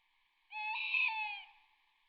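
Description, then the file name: Tawny owl giving a single drawn-out hooting note, steady and slightly wavering, lasting about a second against a quiet background. "bosuil"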